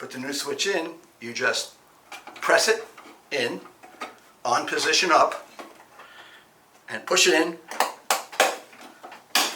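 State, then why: Seated. Someone talks while a new rocker power switch, set with its on position up, is pushed into its rectangular cutout in the metal housing of a Lelit Elizabeth or Victoria espresso machine. The switch's spring clips snap in with a sharp click at 9.4 s, and the switch is seated.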